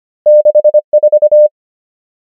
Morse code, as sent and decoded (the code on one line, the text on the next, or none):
-.... / ....-
6 4